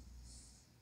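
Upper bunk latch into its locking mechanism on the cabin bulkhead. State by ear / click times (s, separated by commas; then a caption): not seated / none. The upper bunk in the guest cabin of a 2004 Great Harbour GH47 liveaboard trawler yacht is raised toward its locking mechanism on the cabin bulkhead, giving a steady low rumble and a soft, hissy high-frequency wash that swells in the middle of the clip and eases off near the end. Nothing has latched or clicked yet; the bunk is still being handled.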